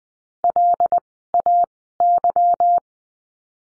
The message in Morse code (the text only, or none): LAY